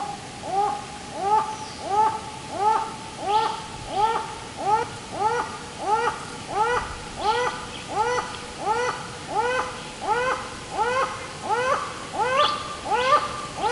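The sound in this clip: Laughing falcon calls in a fast, even series of rising harmonic notes.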